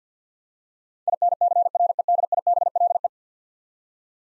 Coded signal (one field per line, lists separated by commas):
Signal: Morse code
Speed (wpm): 50 wpm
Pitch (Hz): 700 Hz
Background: none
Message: INCREDIBLE